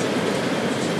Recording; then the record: background sound without coughing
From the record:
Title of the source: Office Sounds Ambience - Background Noise for Study and Work